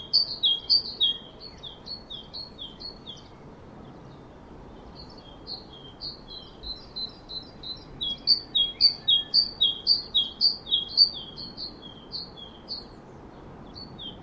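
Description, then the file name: Great tit repeating its two-note see-saw song in several runs, with quieter phrases between louder bursts. "Parus major"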